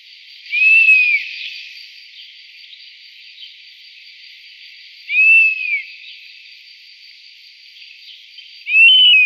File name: European Honey-buzzard